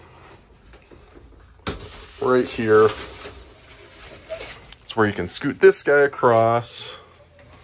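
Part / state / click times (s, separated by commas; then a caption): sliding dry-bath partition latching in an RV bathroom / not seated / none. In the bathroom of a 2021 Northern Lite 10-2 RV, the sliding dry-bath partition is handled by hand, with a sharp knock at about 1.7 s and quieter taps around it while someone talks. The partition is not yet slid all the way across, and nothing has latched or clicked into place yet.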